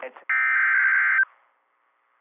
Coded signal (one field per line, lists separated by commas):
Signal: Emergency Alert System (SAME) tones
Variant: header bursts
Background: speech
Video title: IND's Mid-March SVR's - EAS Alerts from 3/22/26 (EAS #726 - #736)